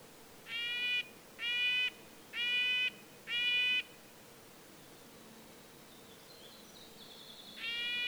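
Red-breasted nuthatch giving four nasal yank notes in a row, a pause with a faint high thin tone, then one more note at the close.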